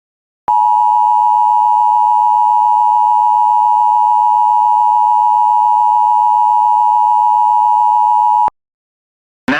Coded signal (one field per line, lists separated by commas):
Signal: Emergency Alert System (SAME) tones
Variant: 853 and 960 Hz attention tone